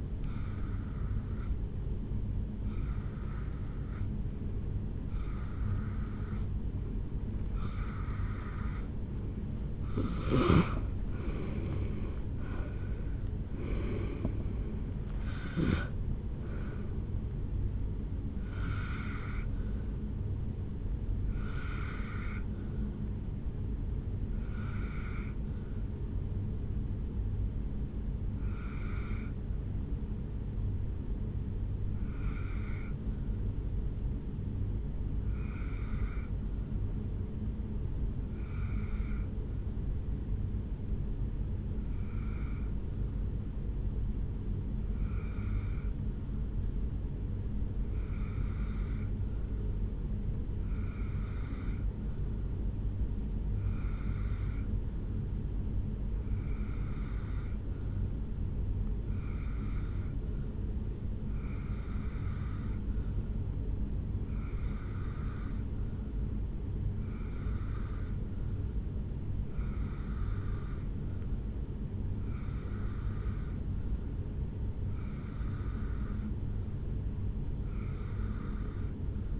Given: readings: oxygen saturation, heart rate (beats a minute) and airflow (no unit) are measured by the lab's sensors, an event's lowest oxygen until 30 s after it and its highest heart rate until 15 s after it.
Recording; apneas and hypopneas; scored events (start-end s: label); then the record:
breathing in sleep by a smartphone at the bedside; 1
12.00-42.00 s: new sleep stage, N1 (lightest sleep)
27.00-61.40 s: hypopnea (N1, oxygen 96% highest, then 90% lowest, heart rate 57 at the start, 66 highest)
42.00-79.40 s: new sleep stage, N2 (light sleep)
From the record:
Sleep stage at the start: N2 (light sleep); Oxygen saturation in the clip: 88 to 96%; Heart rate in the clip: 55 to 74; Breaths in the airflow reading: 26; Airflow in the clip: -9.4 to 6.7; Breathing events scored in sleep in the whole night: 449 in 7.0 hours asleep